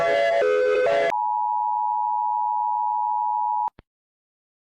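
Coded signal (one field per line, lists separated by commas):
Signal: Emergency Alert System (SAME) tones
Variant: 853 and 960 Hz attention tone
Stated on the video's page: Animated EAS alarm, not a real alert.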